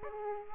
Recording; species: mosquito wingbeat signal from an infrared sensor; Aedes aegypti